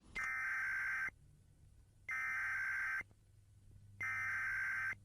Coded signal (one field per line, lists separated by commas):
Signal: Emergency Alert System (SAME) tones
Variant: header bursts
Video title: TORNADO WARNING (EAS ALERT 102)